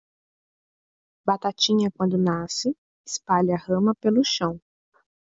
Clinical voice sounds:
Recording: short text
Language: Brazilian Portuguese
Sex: female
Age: 30 to 39 years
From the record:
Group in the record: control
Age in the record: 33 years

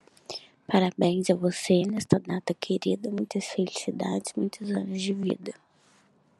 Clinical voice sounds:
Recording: short text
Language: Brazilian Portuguese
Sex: female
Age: 20 to 29 years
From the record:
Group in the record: control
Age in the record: 25 years

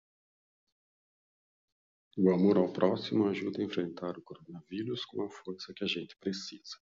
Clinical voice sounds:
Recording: spoken sentence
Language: Brazilian Portuguese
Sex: male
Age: 60 to 69 years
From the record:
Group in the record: control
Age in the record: 60 years

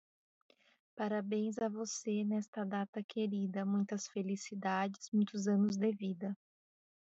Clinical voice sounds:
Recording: short text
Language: Brazilian Portuguese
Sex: female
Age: 40 to 49 years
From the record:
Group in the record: control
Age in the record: 40 years

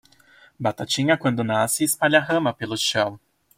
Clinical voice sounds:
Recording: short text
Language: Brazilian Portuguese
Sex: male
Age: 20 to 29 years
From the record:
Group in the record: control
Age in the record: 26 years

